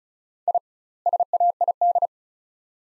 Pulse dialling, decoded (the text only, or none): none